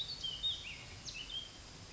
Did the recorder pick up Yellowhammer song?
no